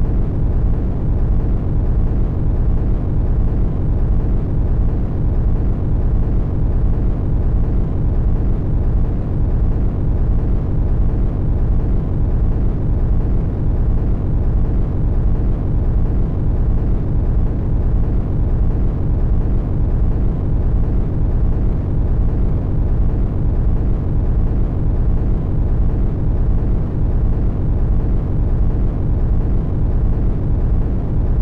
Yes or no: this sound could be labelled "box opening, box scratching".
no